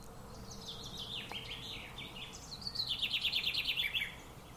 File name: Fringilla coelebs